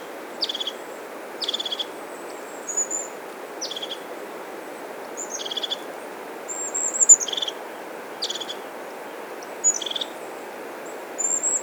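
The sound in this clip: Bird singing short, high buzzy phrases repeated roughly every second or so, some followed by thin high whistles, above a steady hiss.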